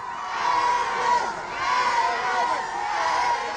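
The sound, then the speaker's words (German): A large crowd of fans at a train shouts and cheers in farewell as the train departs at 10 o'clock, a dense, continuous roar of many voices that swells and dips slightly in loudness over a few seconds, with no single voice standing out. “Zurück blieben seine Verehrer, die ihn zünftig verabschiedeten. Morgen werden andere an seinem Zug stehen. Schreien werden sie genauso.”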